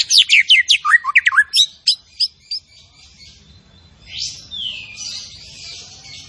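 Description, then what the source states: Zebra finch song with fast downslurred chips slowing into spaced notes, followed by a couple of softer buzzy sweeps. Masteran training audio of a tembakan bird singing actively (gacor).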